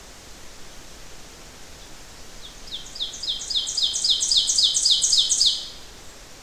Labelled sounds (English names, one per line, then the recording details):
Ovenbird song
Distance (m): 10 m
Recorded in boreal forest in Alberta, Canada, on 12 June 2016 at 06:11
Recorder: SongMeter 3, array SBT-3-18
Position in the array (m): 68 m, 308 m
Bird 32